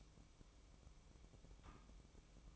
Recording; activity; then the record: daily activity, microphone in the room; light on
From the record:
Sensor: 1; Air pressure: 1007.9 hPa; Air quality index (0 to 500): 117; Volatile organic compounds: 2 ppm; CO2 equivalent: 989 ppm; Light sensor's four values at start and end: 11/26/11/12 and 21/65/26/27